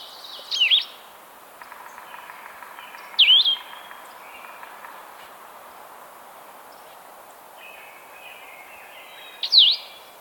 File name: Vireo solitarius - Blue-headed Vireo